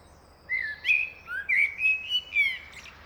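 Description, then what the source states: Common Blackbird giving a flowing phrase of whistled notes that rise and fall, ending in a brief squeaky high flourish. Male singing alone in a park; another male blackbird nearby, song perhaps about territory.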